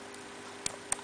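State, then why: Seated. A 3G SIM card is pushed once into an Android tablet's spring-loaded card slot until it latches. Two short, sharp clicks sound at 0.7 s and 0.9 s over a faint steady hum, showing the card is seated. No one talks.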